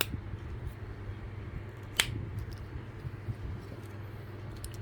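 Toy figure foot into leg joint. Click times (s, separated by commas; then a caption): 0.0 s, 2.0 s. A foot is fitted onto the leg joint of a plastic snap-together transformer figure kit, giving two sharp plastic snaps at 0.0 and 2.0 seconds over a low steady background hum, with a few fainter ticks afterward. The foot seats firmly on the leg.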